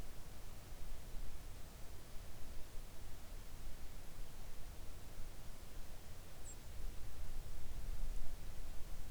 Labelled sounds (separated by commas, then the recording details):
near silence
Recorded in the Arctic National Wildlife Refuge, Alaska, on 3 August 2019 at 06:13
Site 41